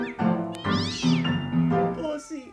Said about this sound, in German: Böse Katze, ganz böse Katze.